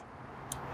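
A hand reaches under the front trunk lid of a 2021 Porsche 718 Cayman to free the secondary latch, over a steady low hum. A small, sharp tick at 0.5 s marks the secondary catch releasing as the lid lifts.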